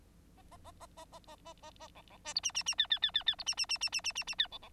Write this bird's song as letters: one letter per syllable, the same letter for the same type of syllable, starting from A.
A A A A A A A A A A B B C D E E E F F F F F D E E E E E E E E F B B